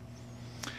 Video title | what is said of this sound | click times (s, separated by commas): DTG Viper Maintenance Gap Set-Check.mov | and once it slides down in there you push that back over it clicks and then you have a reassembled emergency stop | 0.6 s